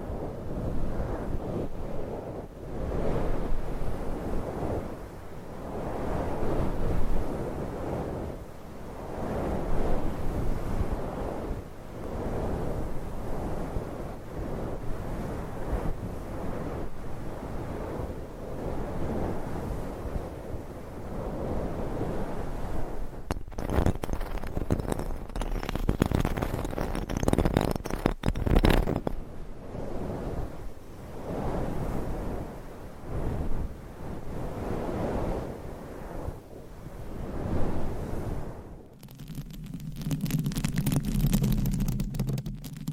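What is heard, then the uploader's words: Fingernails scratch and rub across microphone covers in quick, repeated strokes, making a dense, rough, rustling sound that rises and falls in rapid bursts. Brief breaks come near 23 and 28 seconds, and near 39 seconds a brighter hiss with a low hum takes over. ASMR Mic Scratching Brain Scratching with 50 DIFFERENT MICSCovers & Nails No Talking.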